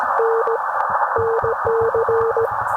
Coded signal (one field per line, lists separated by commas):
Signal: Morse code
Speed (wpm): 17 wpm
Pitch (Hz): 460 Hz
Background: none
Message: N NC